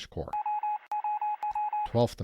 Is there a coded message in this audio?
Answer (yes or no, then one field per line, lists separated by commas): no